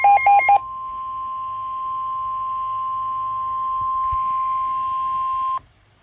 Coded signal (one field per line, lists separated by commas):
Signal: Emergency Alert System (SAME) tones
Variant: 1050 Hz attention tone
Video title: EAS Alerts as of 2/28/24 (EAS #145-149)